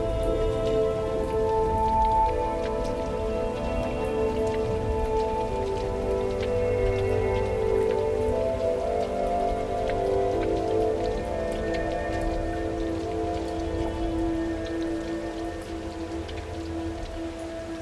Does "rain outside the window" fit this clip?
yes